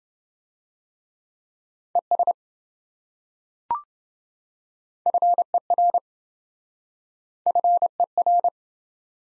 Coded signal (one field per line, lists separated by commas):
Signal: Morse code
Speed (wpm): 26 wpm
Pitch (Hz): 700 Hz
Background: none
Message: ES FER FER